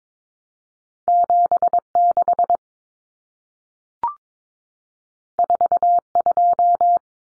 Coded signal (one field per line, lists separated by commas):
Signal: Morse code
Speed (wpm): 22 wpm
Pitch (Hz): 700 Hz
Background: none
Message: 76 42